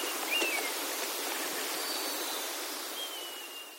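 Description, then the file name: Eastern buzzard calling: two thin, drawn-out whistled mews that slide slightly downward, heard over the steady rush of flowing water. "nosuri"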